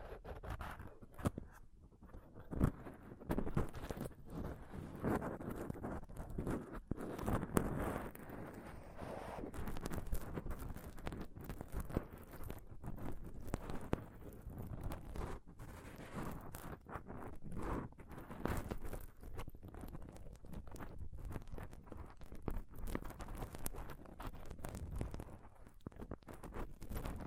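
Close-up mic scratching and touching fills all 27 seconds with dense, rustling scrapes and rubs. The sound is mostly low and thick, with short bursts and sharper knocks breaking through irregularly, and no pauses between the handling noises.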